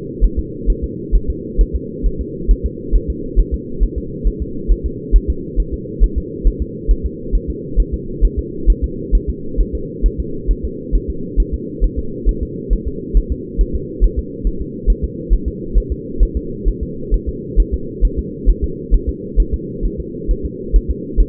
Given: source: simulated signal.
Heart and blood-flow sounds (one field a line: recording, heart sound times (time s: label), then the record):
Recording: fetal heart sounds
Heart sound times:
0.24 s: S1
0.39 s: S2
0.70 s: S1
0.84 s: S2
1.15 s: S1
1.30 s: S2
1.61 s: S1
1.75 s: S2
2.06 s: S1
2.21 s: S2
2.51 s: S1
2.66 s: S2
2.96 s: S1
3.10 s: S2
3.39 s: S1
3.54 s: S2
3.83 s: S1
3.98 s: S2
4.27 s: S1
4.42 s: S2
4.72 s: S1
4.86 s: S2
5.16 s: S1
5.30 s: S2
5.60 s: S1
5.74 s: S2
6.04 s: S1
6.18 s: S2
6.47 s: S1
6.62 s: S2
6.91 s: S1
7.06 s: S2
7.35 s: S1
7.50 s: S2
7.80 s: S1
7.94 s: S2
8.25 s: S1
8.39 s: S2
8.70 s: S1
8.84 s: S2
9.15 s: S1
9.29 s: S2
9.61 s: S1
9.75 s: S2
10.06 s: S1
10.20 s: S2
10.51 s: S1
10.65 s: S2
10.95 s: S1
11.10 s: S2
11.40 s: S1
11.54 s: S2
11.84 s: S1
11.99 s: S2
12.29 s: S1
12.43 s: S2
12.73 s: S1
12.88 s: S2
13.17 s: S1
13.32 s: S2
13.61 s: S1
13.75 s: S2
14.04 s: S1
14.19 s: S2
14.47 s: S1
14.61 s: S2
14.90 s: S1
15.04 s: S2
15.33 s: S1
15.48 s: S2
15.78 s: S1
15.92 s: S2
16.23 s: S1
16.37 s: S2
16.68 s: S1
16.83 s: S2
17.14 s: S1
17.29 s: S2
17.60 s: S1
17.74 s: S2
18.05 s: S1
18.19 s: S2
18.50 s: S1
18.64 s: S2
18.94 s: S1
19.09 s: S2
19.40 s: S1
19.54 s: S2
19.85 s: S1
20.00 s: S2
20.31 s: S1
20.45 s: S2
20.76 s: S1
20.91 s: S2
21.20 s: S1
From the record:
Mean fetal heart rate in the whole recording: 135 bpm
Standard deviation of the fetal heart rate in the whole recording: 3 bpm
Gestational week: 36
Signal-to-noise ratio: -4.3 dB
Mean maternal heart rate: 72 bpm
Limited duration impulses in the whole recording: absent